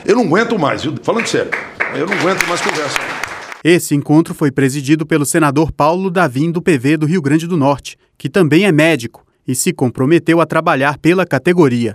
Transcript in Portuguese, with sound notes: Eu não agüento mais viu, falando sério (palmas) Eu não agüento mais conversa não.
Este encontro foi presidido pelo senador Paulo Davim do PV do Rio Grande do Norte, que também é Médico e se comprometeu a trabalhar pela categoria.